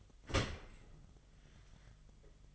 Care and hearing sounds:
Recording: daily activity, microphone in the room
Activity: open dishwasher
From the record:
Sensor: 4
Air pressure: 1005.6 hPa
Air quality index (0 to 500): 111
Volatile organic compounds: 3 ppm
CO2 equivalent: 1382 ppm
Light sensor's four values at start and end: 11/24/10/10 and 11/24/10/9

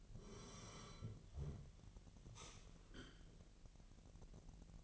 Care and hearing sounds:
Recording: daily activity, microphone in the room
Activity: sit down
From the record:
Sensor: 4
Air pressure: 1002.7 hPa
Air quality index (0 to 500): 249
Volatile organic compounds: 32 ppm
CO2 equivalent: 3002 ppm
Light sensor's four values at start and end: 10/24/10/10 and 10/24/10/10

